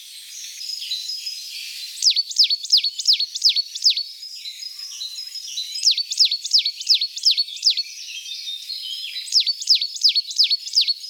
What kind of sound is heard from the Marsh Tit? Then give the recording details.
song. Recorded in the wild. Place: Oberrotweil am Kaiserstuhl, Baden-Württemberg, DE. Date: 1982-04-12. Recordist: Schwarz, Dieter